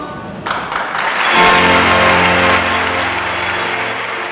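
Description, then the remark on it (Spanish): A large crowd of Elche townspeople bursts into sustained, dense applause inside the packed Basílica de Santa María in Elche, applauding the coronation of the Virgin at the end of the mystery play. The clapping rises quickly and stays loud throughout, with steady low tones humming underneath partway in. “El misterio concluyó con una explosión de emociones, las están escuchando, del pueblo ilicitano que abarrotó la Basílica de Santa María para asistir a la coronación de la Virgen y aplaudir con lágrimas en los ojos”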